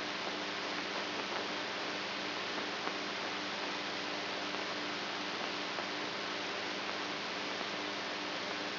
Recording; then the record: brain microelectrode recording played as sound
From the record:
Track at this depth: outside the subthalamic nucleus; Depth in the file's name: 7.304 mm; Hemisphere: right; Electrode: 3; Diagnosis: Parkinson's disease